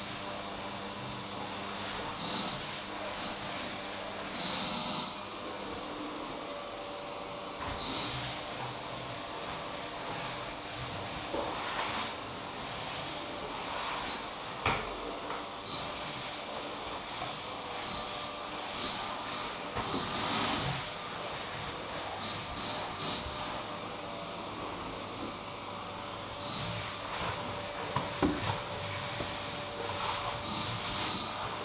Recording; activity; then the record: daily activity, microphone in the room; vacuum cleaning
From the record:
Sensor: 1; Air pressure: 988.7 hPa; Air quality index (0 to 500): 198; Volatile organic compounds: 986 ppm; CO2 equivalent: 5282 ppm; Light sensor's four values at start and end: 25/93/35/36 and 23/85/32/34